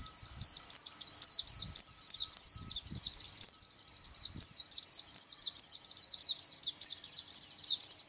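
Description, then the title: White-eye song: a long, unbroken stream of very high, quick twittering chirps and slurred notes, several per second, with faint low thumps beneath. "Pleci"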